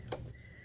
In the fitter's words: want to show you that this is going to be adjusted right so here's one click